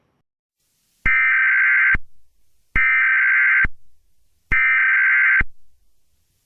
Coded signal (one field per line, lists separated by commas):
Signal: Emergency Alert System (SAME) tones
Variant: header bursts